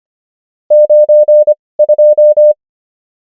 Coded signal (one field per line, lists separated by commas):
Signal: Morse code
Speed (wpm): 25 wpm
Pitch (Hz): 600 Hz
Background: none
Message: 9 2